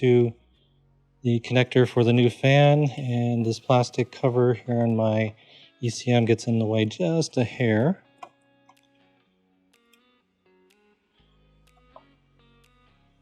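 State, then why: Not seated. Someone talks while handling the 3-wire plastic harness connector for a new SE-MFK-1 radiator cooling fan on a Chevy SSR, lining it up next to the ECM and a plastic cover that gets in the way just slightly. After the talking stops around 8 s, only light handling ticks are heard as the connector is readied to go into the radiator fan module socket. Nothing has seated or clicked yet.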